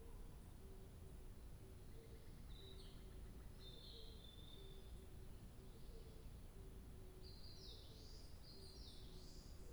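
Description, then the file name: Bird song in brief, high chirping phrases scattered throughout, over a steady low rumble and a faint repeated lower note. 2 July 2023. "birdsong 20230702"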